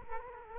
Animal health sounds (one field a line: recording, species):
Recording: mosquito wingbeat signal from an infrared sensor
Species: Culex quinquefasciatus